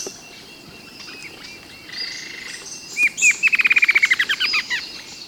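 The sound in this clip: Bird delivers a quick run of many short chirps after a quieter buzzy phrase, over a soft background hiss.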